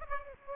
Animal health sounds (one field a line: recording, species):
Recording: mosquito wingbeat signal from an infrared sensor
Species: Aedes aegypti